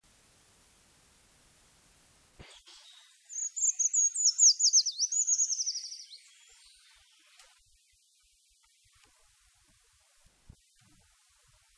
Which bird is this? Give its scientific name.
Certhia familiaris